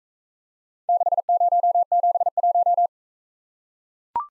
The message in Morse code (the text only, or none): 6071